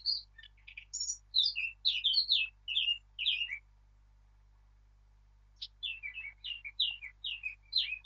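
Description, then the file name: Eurasian blackcap with two long bursts of varied warbling, fast mixed notes rising and dropping, separated by about two seconds of quiet. "Sylvia atricapilla"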